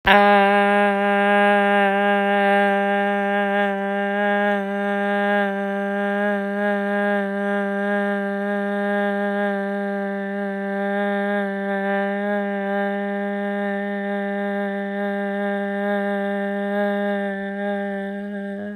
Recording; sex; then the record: sustained vowel /a/; female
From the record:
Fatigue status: no fatigue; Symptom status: symptomatic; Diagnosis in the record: COVID-19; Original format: m4a